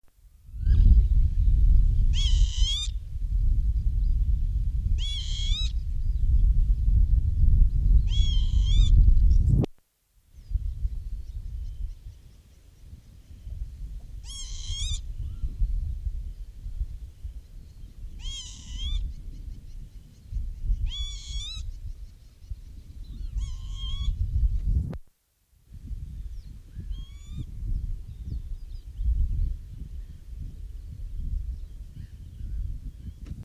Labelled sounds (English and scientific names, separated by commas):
Northern Lapwing (Vanellus vanellus) alarm call